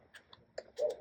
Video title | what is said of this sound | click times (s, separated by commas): Take a Seat Anywhere! - Small and Mighty Telescoping Foldable Stool Must-Have | It pops into place. | 0.3 s, 0.6 s